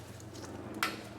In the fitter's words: and again these are really easy GM type connectors they should just snap in place